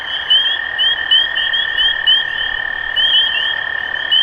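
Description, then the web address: Spring peepers peeping, high rising notes in quick succession from several frogs, over a constant lower-pitched droning tone. Recorded 23 March 2012. "rob animals Peepers-2012-0323"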